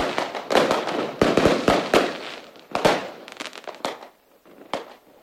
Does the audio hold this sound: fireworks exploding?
yes